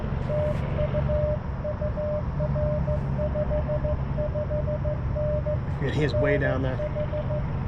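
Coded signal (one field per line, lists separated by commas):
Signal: Morse code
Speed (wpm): 15 wpm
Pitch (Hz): 600 Hz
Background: speech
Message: TU UR 55N NH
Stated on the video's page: CW Parks On The Air activation sent on a Palm Radio Portable straight key with a Xiegu X6200 at about 6 W; poor band conditions.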